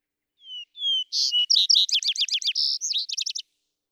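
Vesper sparrow song: two low, sweet whistled notes, then a burst of higher notes leading into a rapid, jangling trill of slurred chips.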